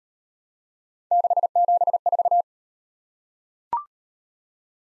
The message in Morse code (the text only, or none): 674